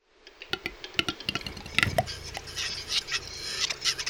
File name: Tetrao urogallus